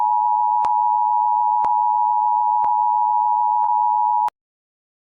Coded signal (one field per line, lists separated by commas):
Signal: Emergency Alert System (SAME) tones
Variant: 853 and 960 Hz attention tone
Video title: EMERGENCY ALERT SYSTEM